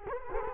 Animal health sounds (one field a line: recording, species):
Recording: mosquito wingbeat signal from an infrared sensor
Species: Culex quinquefasciatus